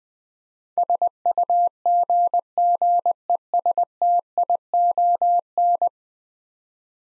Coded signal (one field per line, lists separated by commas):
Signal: Morse code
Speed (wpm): 21 wpm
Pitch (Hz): 700 Hz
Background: none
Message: SUGGESTION